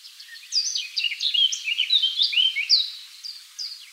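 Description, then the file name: Eurasian blackcap warbling: a lively run of quick, varied notes that slide up and down, continuing almost without pause. "Sylvia atricapilla"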